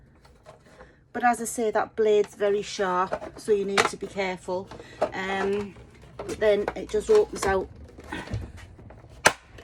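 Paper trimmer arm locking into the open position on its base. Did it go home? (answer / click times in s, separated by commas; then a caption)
yes / 9.3 s. A folding paper trimmer is opened out while someone talks, and its arm snaps into the open position on its base. There is a sharp, loud click at 9.3 s. The trimmer is seated in its open shape.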